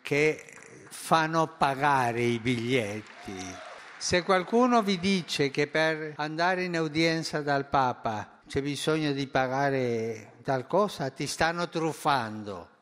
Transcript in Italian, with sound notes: che fanno pagare i biglietti… [applausi] Se qualcuno vi dice che per andare in udienza dal Papa c’è bisogno di pagare tal cosa, ti stanno truffando: